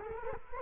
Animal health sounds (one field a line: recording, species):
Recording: mosquito wingbeat signal from an infrared sensor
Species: Culex quinquefasciatus